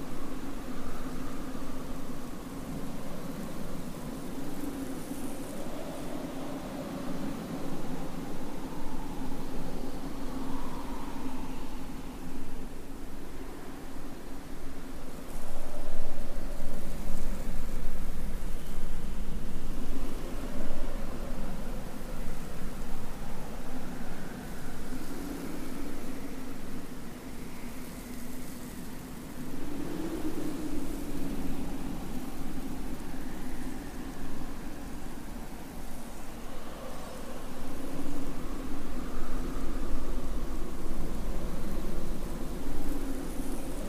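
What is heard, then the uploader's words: Desert wind blows in a steady, dense roar with a heavy low rumble underneath. Thin wavering whistles rise and fall above it throughout, and the gusts swell louder around the middle and again near the end. Desert Winds: ambient soundscape for sleep or D&D.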